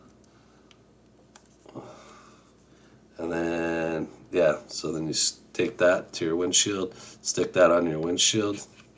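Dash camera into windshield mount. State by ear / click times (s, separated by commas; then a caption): not seated / none. A Vantrue Nexus 5S 4-channel dash camera is handled next to its plastic windshield mount, with a few faint ticks and handling noises in the first two seconds. Someone then talks while the mount is stuck to the windshield. The camera has not yet slid and locked into the mount, so nothing has clicked or seated yet.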